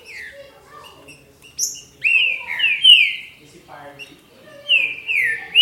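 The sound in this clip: Green-winged saltator: soft whistles at first, then strong sliding whistled notes in short groups, with sharp high chirps.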